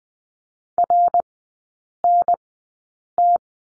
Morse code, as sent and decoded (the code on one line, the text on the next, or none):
.-. -. -
RNT